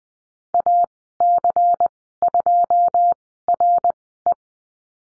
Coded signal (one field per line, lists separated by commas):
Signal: Morse code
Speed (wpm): 20 wpm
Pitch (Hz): 700 Hz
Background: none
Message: AC2RE